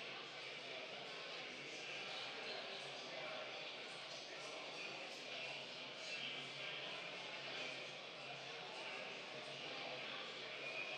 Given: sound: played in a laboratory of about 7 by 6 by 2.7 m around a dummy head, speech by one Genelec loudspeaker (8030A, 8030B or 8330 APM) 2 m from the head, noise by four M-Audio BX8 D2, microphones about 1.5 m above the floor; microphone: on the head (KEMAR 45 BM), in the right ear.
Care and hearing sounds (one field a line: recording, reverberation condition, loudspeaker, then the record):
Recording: cafeteria noise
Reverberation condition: high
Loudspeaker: four, about 170 cm from the corners of the room and facing them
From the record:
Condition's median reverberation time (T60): about 1300 ms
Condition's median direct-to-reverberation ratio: about -4.0 dB